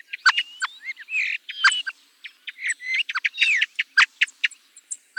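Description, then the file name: Thrush singing a rich, varied song of clear whistles, rising slurs and fast twittering notes, phrases tumbling one after another without long breaks. "TORDO"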